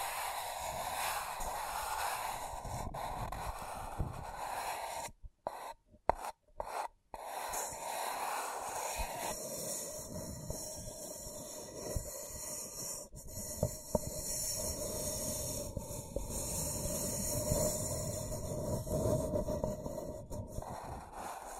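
Continuous scratching and tracing, a dense, gritty rasp with a low rumbling undertone that sounds almost like a rolling train. Around five to seven seconds the sound cuts out in several brief gaps, and after about nine seconds the upper hiss thins and becomes streakier.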